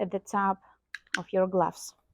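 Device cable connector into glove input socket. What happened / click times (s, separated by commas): Handled, not yet seated: no connector click heard / none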